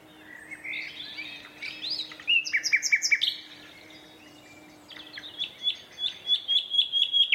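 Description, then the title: Common nightingale song: soft warbling, a loud burst of repeated notes, a pause, then a fast rhythmic rattle of notes, with a low hum for most of it. Two males in a competitive duet at dusk in a dense thorn thicket, north Dorset countryside woodland; a tractor mowing the year's first silage nearby. "Sound Escape 119: An astonishing nightingale duet in a Dorset woodland"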